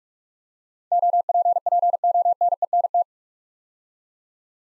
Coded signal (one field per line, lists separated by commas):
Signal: Morse code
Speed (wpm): 46 wpm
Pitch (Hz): 700 Hz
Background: none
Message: OPPONENT